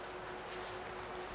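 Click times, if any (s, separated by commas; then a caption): none. A gas hose quick-connect fitting for 100% argon is slid up into the gas inlet of a Precision TIG 275 TIG welder while a steady background hum and broadband noise continue with no distinct transients. Nothing has seated or clicked yet.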